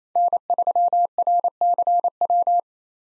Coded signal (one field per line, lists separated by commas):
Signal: Morse code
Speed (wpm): 27 wpm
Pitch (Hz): 700 Hz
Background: none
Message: N3RCW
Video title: 2023 POTA Hunter Call Signs - 28wpm